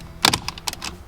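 A clipped-in plastic center console trim panel around the power outlet or ashtray in a Macan is pried up and out to install a MagSafe charger. Several sharp, loud plastic clicks and snaps are heard, with the main ones at 0.3 s and 0.7 s, as the retaining clips let go and the panel is released.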